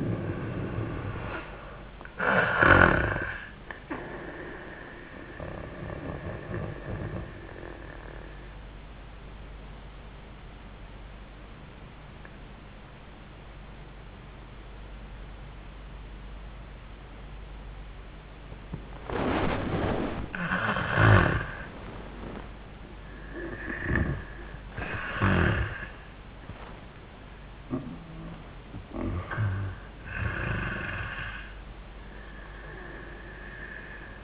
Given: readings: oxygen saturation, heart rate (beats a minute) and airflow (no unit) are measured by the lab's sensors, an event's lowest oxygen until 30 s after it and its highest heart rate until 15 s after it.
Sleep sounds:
breathing in sleep by a voice recorder at the bedside; 1
9.00-21.50 s: obstructive apnea (N1, oxygen 75% highest, then 75% lowest, heart rate 71 at the start, 93 highest)
From the record:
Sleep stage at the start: N1 (lightest sleep); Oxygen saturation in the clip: 64 to 92%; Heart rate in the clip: 71 to 93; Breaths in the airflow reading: 4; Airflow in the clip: -22.1 to 10.4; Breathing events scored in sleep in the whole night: 400 in 8.7 hours asleep

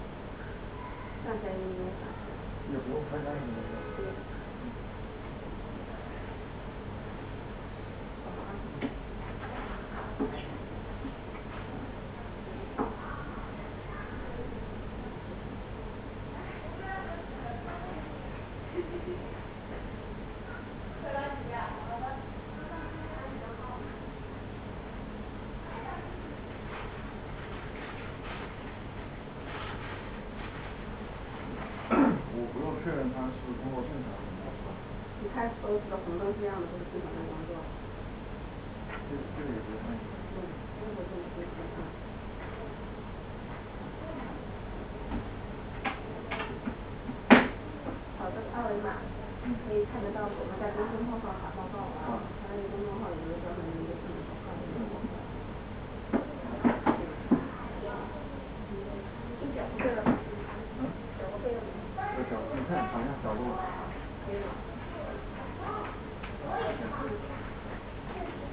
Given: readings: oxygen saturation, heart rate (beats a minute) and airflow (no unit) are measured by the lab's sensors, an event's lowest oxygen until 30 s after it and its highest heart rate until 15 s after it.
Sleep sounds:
a person awake in a sleep study, by a voice recorder at the bedside; none
0.00-68.53 s: awake
0.00-68.53 s: awake
From the record:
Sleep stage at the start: awake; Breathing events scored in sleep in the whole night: 210 in 6.9 hours asleep

